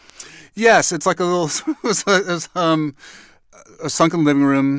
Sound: laughter

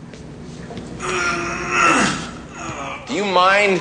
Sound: soundbite of grunting

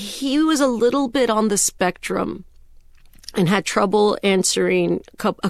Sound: none

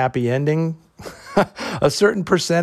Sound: laughter

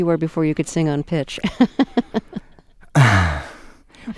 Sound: laughter

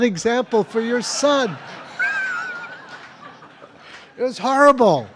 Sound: laughter

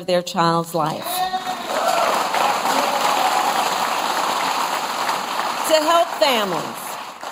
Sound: applause

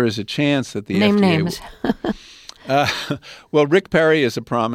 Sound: laughter

